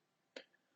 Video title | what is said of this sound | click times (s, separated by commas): F150 and 250 Dash Cam Install Thinkware F200PRO / DC-M1-FG Do It Yourself and SAVE Hundreds of $$$ ! | as soon as I get the camera positioned and steady just right I'll snap it in for you | 0.4 s